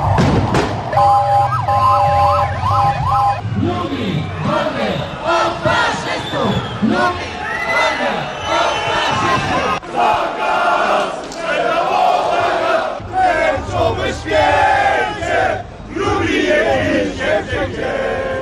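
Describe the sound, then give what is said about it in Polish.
A loud, dense crowd roars and shouts continuously at the LGBT Equality March in Lublin, Poland, in October 2018, as hooligans try to disrupt it and police use a water cannon and gas, with wailing siren tones rising and falling through the first few seconds and chaotic yelling throughout. “Grupa chuliganów próbowała przerwać manifestację. Policja musiała użyć armatki wodnej i gazu.”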